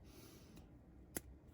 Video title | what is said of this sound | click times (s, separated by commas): G.I. Joe Classified - Crimson Guard (#)50 - Unboxing & Review #gijoe #gijoeclassified | there we go got it snapped into place | 1.2 s